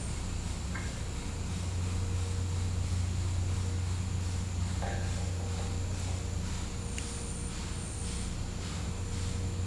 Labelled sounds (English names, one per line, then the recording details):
none
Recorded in pastures near Puerto Asís, Putumayo, Colombia, on 20 December 2024 at 09:30
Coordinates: 0.505, -76.324
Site G063